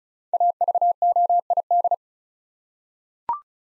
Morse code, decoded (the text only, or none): AVOID